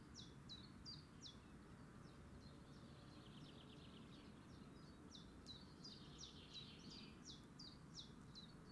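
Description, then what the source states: Willow warbler song: repeated soft descending phrases of high sweet notes, several in a row, against constant low background noise. Adult singing.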